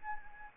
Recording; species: mosquito wingbeat signal from an infrared sensor; Anopheles arabiensis